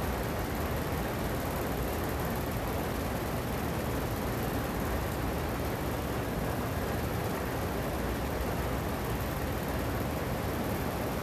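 Air conditioners give off a steady, dense roar with a low rumble underneath, unchanging in level and without distinct events throughout.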